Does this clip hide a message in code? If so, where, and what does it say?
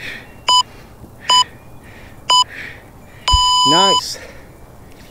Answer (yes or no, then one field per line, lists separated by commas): no